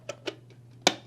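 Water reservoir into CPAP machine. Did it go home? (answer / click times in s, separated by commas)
yes / 0.9 s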